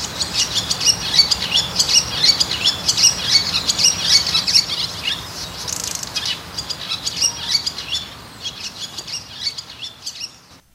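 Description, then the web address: Swallow twittering: rapid high chirps and short trills running continuously for about ten seconds, fading out at the end. Recorded during a walk in Azamidani. "raivu sansaku azamidani sound bird swallow"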